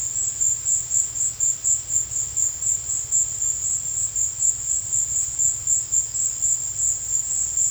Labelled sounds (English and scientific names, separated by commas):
none